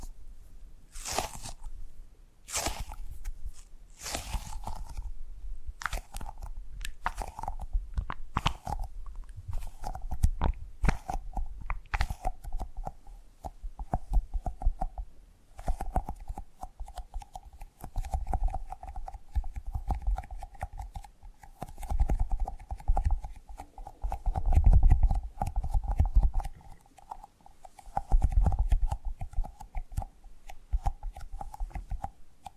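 Tapping and gripping sounds, with sharp bright taps clustered in the first twelve seconds, then softer crunchy handling over a steady mid-pitched tone.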